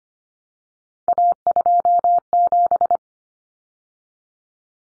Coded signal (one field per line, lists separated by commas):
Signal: Morse code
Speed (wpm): 25 wpm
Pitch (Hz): 700 Hz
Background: none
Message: A27